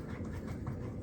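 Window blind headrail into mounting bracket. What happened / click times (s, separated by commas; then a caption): The rail is being handled and has not locked into its bracket yet / none. The headrail of a 2-inch faux wood window blind is handled and pushed up toward its mounting bracket, with steady low handling noise and a brief faint knock near 0.7 s. Nothing has seated or locked into place yet.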